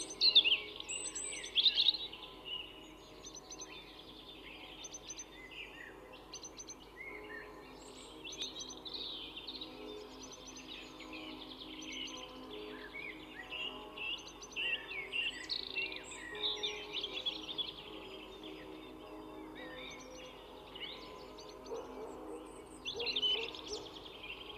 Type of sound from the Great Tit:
song